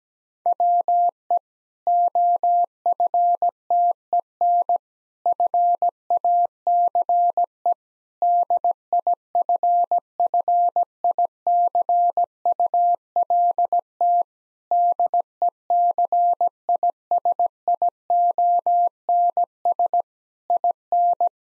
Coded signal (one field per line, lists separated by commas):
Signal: Morse code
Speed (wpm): 17 wpm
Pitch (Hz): 700 Hz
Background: none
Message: WE OFTEN FACE DIFFICULT DECISIONS IN